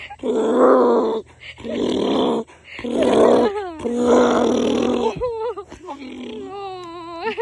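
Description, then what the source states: Donkey braying loudly in a see-sawing rhythm of long rasping heaves, ending in wavering, wheezy tones. Donkey described as happy.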